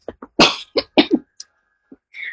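About four short, harsh cough bursts in quick succession over a phone line, from an adult who has a cough and cold.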